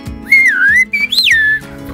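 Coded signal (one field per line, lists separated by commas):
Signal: whistled language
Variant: Silbo Gomero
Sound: a single clear whistle gliding up and down in two connected phrases, with a sharp high rise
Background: low background hum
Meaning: Whistled word for hardware store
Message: ferretería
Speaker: te voy a decir una palabra con aire ferretería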